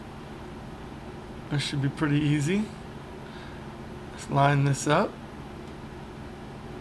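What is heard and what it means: The replacement clear plastic back shell of an Xbox 360 wireless controller is lined up against the controller housing, to be pressed on without screws. Someone talks twice over a steady background hiss, with no distinct handling sounds. Nothing has seated or clicked yet.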